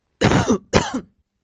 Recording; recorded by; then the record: voluntary cough; messaging app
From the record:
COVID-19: negative